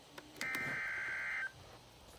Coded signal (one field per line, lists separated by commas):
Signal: Emergency Alert System (SAME) tones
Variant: header bursts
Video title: EAS #14 Severe Thunderstorm Warning